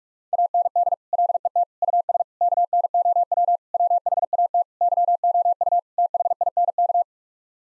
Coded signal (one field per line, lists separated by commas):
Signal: Morse code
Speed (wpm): 41 wpm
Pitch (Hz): 700 Hz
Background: none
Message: AND LET US KNOW WHAT YOU THINK